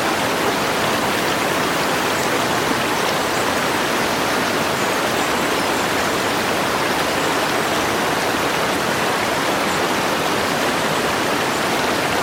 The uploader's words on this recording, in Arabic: في قلب جبال الألب الفرنسية بالقرب من الحدود السويس. يتدفق جدول جبلي هادئ عبر غابة دائمة الخضرة مغطاة بالثلوج. جدول الجبل الثلجي.